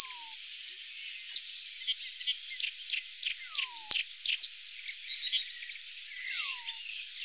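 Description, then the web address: Eurasian penduline tit calls: three thin, high, drawn-out descending whistles about three seconds apart, over soft twittering in the background. "Remiz. penduline"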